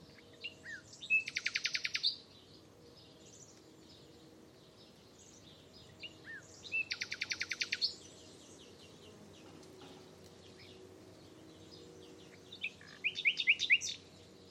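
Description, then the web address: Bird calls: three bursts of rapid, buzzy trills about six seconds apart, with scattered thin high chirps between them, over a faint steady low hum. "Bird Only"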